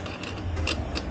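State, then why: Seated. The locking piece of a USB charger is pushed into its place on a motorcycle mount. A few faint mechanical ticks come first, then a sharp snap at 0.7 s as the lock seats, followed by a smaller tick at 1.0 s. The charger lock is seated in its mount.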